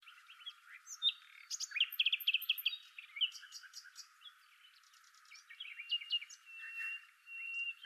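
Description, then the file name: Common nightingale song: rich varied phrases with rapid repeated notes, trills and clicks, quiet pauses between bursts, a sustained whistled tone near the end. "Luscinia megarhynchos"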